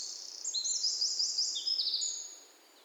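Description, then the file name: Eurasian wren delivering a quick, high-pitched trilled phrase of fast repeated notes, shrill and continuous, tailing off softly after two seconds. "Troglodytes troglodytes"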